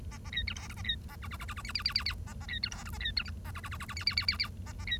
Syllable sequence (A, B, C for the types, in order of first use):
A A B C D E A B A F F F F F G G G G G A A B C D E A B C H A F F F F F G G G G G A A B